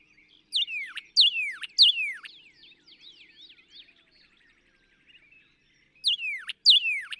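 Northern cardinal song of loud, downward-swooping whistles, a group of three at the start and another group at the end, separated by a stretch of soft twittering and near silence.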